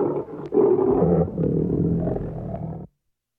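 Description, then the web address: Lion giving a rumbling roar that holds for about two seconds, then cuts off. "Tierstimmen löwen"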